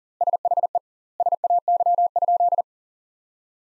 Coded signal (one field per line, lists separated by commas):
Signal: Morse code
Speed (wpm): 40 wpm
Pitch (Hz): 700 Hz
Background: none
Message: SHE SAY?